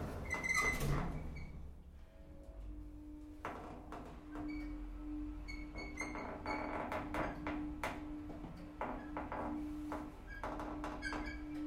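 An elevator runs with a steady low hum and a sustained whine, punctuated by frequent creaks and clicks, after a louder clatter at the start.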